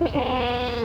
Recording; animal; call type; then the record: contact call of a hoofed animal; goat; low-frequency (closed-mouth) or high-frequency (open-mouth) call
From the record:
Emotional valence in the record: negative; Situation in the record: short social isolation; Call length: 0.85 s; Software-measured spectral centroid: 1650 Hz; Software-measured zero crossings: 1750 a second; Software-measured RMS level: -24 dBFS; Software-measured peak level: -11 dBFS